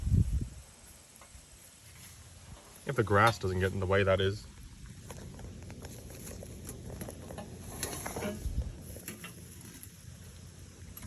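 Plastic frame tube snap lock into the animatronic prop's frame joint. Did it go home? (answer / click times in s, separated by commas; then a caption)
no / none. Plastic frame tube pieces of a Spirit Halloween 2021 Headless Jack animatronic prop are handled and pushed toward the frame joint, where spring snap locks on either side are meant to engage. Someone talks briefly, and soft rustling with a few light taps and knocks follows. Nothing has seated or clicked yet.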